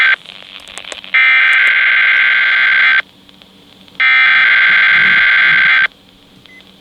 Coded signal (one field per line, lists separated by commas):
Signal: Emergency Alert System (SAME) tones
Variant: header bursts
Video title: EAS #782-789*: Tests and Drills... (Florida Tornado Drill and EAS Tests from 2/9/21)